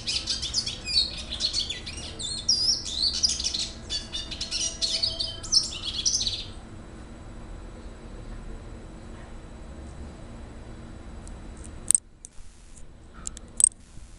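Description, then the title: Red Siskin delivering dense, high, rapid twittering for about six seconds, followed by near silence broken by a couple of sharp clicks. "Pavanegra. cardenalito cantando"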